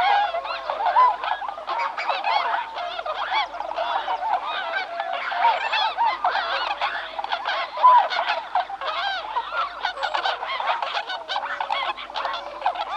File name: Bewick's Swan (Cygnus columbianus)